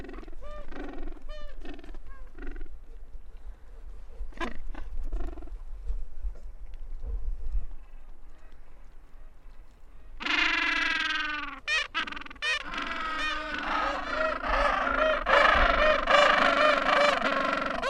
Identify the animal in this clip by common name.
Gentoo Penguin